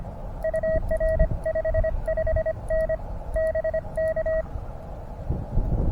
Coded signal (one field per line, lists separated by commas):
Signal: Morse code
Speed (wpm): 24 wpm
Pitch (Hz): 640 Hz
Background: none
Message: UR 55N BK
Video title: QRP POTA Antenna Shootout! POTAPREformer vs. 29' EFRW - RBN Tested.